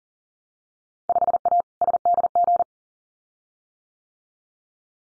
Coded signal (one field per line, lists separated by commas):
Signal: Morse code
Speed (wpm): 38 wpm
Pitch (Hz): 700 Hz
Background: none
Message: 5A SDG